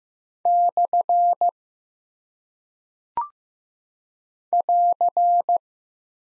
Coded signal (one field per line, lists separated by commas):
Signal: Morse code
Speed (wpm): 15 wpm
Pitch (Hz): 700 Hz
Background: none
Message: / <AR>